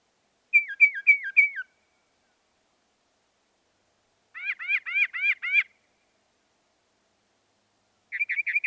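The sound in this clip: Northern mockingbird singing distinct phrases: four falling hooked whistles, then a series of arched buzzy notes, then a fast repeated chirp, with pauses between.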